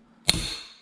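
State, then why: Seated. With the rubber pad removed, a Mob Armour phone/tablet cradle is locked onto its metal magnetic vehicle mount. A single sharp, loud click sounds at 0.3 s, followed by a brief ringing tail that fades by the end of the clip. The lock engages and the cradle is seated, now very hard to pull apart.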